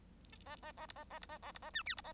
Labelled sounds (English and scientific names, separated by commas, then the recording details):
Bengalese Finch (Lonchura striata domestica) song
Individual Bird1